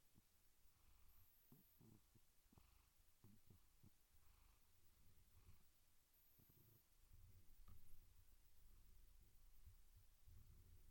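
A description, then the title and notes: A cat purrs steadily in a soft, low rumble that pulses in regular waves through the whole eleven seconds. The purr swells slightly louder after about seven seconds, with a faint high whine drifting in and out above it. You'll find yourself floating on waves of contentment as you listen to their gentle, rhythmic purring.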